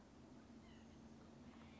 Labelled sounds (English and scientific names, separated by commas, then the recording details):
White-breasted Nuthatch (Sitta carolinensis)
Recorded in Sonoma County, California